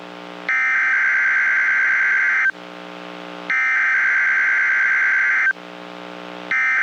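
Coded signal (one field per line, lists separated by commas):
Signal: Emergency Alert System (SAME) tones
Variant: header bursts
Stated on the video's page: NOAA Weather Radio station alert tones.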